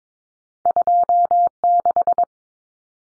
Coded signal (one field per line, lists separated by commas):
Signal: Morse code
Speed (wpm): 22 wpm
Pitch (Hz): 700 Hz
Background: none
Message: 26